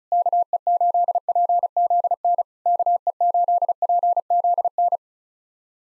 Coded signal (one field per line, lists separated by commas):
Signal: Morse code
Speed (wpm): 36 wpm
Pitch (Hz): 700 Hz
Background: none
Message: KE8PZN KE8PZN